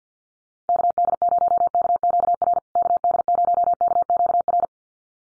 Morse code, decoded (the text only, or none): KD0KQR KD0KQR